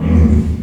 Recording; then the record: squeal of a Yucatan mini pig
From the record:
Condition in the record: after surgery on the right vocal fold (resection and tissue-engineered implant); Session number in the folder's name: 16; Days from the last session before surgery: 183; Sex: female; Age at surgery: 19 weeks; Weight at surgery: 25 kg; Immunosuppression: prednisolone